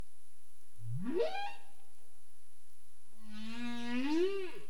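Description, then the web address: Humpback whale sounds: a quick upward-sweeping whoop, a pause, then a long steady moan that climbs and drops away at the end. Recorded 27 April 2035 at 21:47:31 UTC. "CARIMAM clean data humpback whale"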